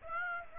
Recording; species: mosquito wingbeat signal from an infrared sensor; Aedes aegypti